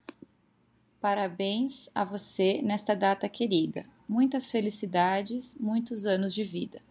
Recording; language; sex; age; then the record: short text; Brazilian Portuguese; female; 30 to 39 years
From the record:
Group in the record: control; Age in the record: 37 years